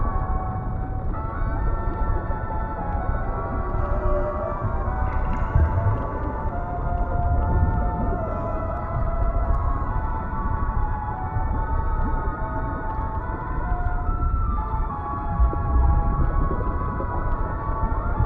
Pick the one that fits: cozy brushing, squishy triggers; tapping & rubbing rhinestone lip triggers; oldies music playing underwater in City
oldies music playing underwater in City